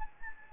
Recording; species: mosquito wingbeat signal from an infrared sensor; Anopheles gambiae